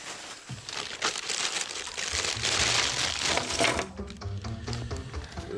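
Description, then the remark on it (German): A man's belongings being handed back to him: a watch, tobacco, matches, a pocket knife, keys and a walking stick. A steady rustling and crinkling of handled items for a few seconds, then softer scattered clinks like keys and coins being set down, with no voices. “Und Sie, Marshall, geben dem Mann seine Sachen wieder.”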